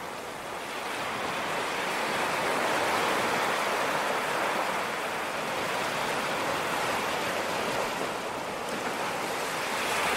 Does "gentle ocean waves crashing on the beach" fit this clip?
yes